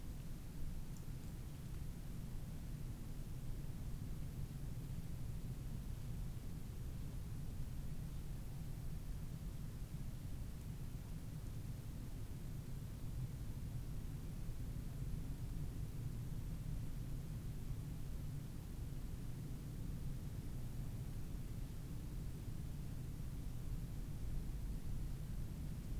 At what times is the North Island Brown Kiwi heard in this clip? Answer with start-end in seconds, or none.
none